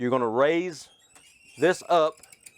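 Someone talks while raising the lever of a Frankford Arsenal Pile Driver bullet puller with a cartridge loaded, moving the metal carriage up toward the grooves at the top of the slide travel. A few faint, brief ticks are heard near 2.5 and 2.6 seconds. The carriage has not locked into the slide grooves yet; nothing has seated or clicked.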